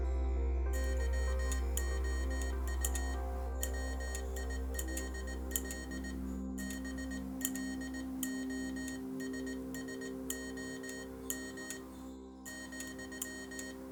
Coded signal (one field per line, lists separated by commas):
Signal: Morse code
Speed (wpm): 19 wpm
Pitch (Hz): 1850 Hz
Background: music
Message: YOU WILL BLOSSOM ,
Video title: 🌴✨ Morse Code Messages from the Jungle: Colonel Kurtz’s Secret Affirmations for Cherie’s Sister! 📡🎵💖